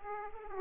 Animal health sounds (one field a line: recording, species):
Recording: mosquito wingbeat signal from an infrared sensor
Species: Aedes aegypti